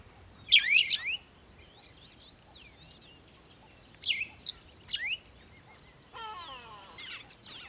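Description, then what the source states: Birds chirping in sharp, high bursts, then a harsh, descending chattering call near the end. Birds singing in the morning.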